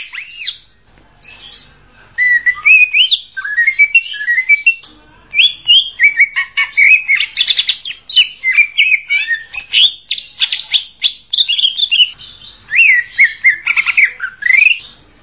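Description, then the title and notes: Greater green leafbird song, a long rapid mixture of whistles, chirps and scratchy trills, varied throughout with brief pauses. Local name cucak ijo; described as a champion songbird. "Kicau Burung Cucak Ijo Juara. Suara kicauan burung cucak ijo"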